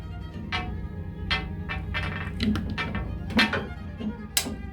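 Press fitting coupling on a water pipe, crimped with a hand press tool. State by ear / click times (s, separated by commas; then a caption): seated / 4.4 s. A press fitting coupling on a bathroom water pipe is crimped with a hand press tool while someone talks over steady background music. A few softer clicks and knocks come from the tool before a sharp, loud click at 4.4 s marks the fitting seated in place.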